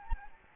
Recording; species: mosquito wingbeat signal from an infrared sensor; Aedes albopictus